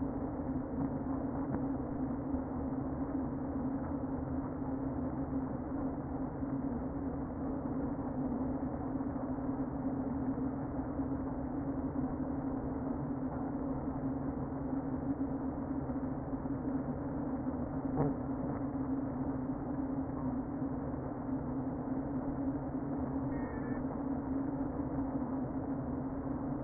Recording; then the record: honeybee colony, microphone inside the hive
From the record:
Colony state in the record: queen present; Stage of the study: before two queens were removed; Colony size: about 60,000 bees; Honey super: yes